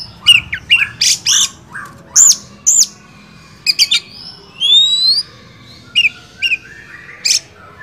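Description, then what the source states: Oriental magpie-robin song of harsh, rasping notes mixed with rising whistled slurs, delivered in separate bursts with short pauses between them. Champion (juara) kacer song, used to train other songbirds (masteran).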